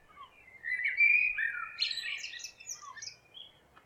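Bird singing one rich, fluid warbled phrase with quick rising and falling notes, trailing off into softer twitters.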